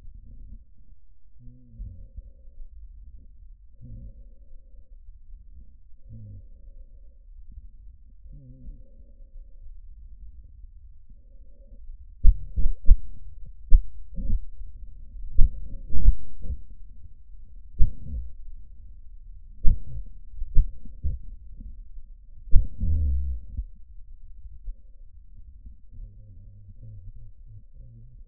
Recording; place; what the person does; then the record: lung sounds by stethoscope; trachea; quiet breathing, then cough and speech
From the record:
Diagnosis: pulmonary infection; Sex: male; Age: 69 years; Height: 184 cm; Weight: 115 kg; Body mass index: 34.0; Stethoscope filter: bell mode